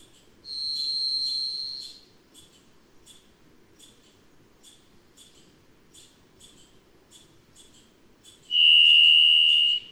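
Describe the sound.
Varied thrush song: two long, steady, ringing whistled notes, the second lower than the first, separated by a pause of about seven seconds, with soft rapid chips from another bird between.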